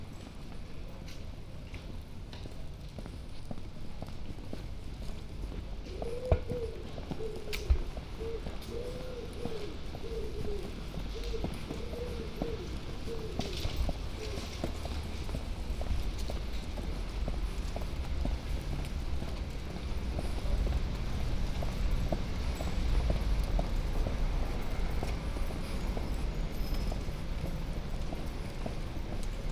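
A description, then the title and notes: A walk along city streets, with a steady low rumble of traffic throughout and a dense clatter of footsteps. Around six to ten seconds a short wavering voice rises above the noise, and two sharp knocks sound near six and eight seconds. Walking down Mansfield Road, Holywell Street, and Broad Street. From Queen Elizabeth House to Cornmarket Street, on the left-hand side.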